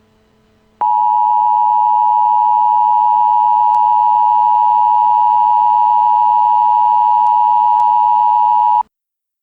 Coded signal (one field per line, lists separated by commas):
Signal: Emergency Alert System (SAME) tones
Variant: 853 and 960 Hz attention tone